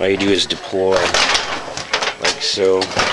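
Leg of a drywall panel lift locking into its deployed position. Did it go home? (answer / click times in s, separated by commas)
no / none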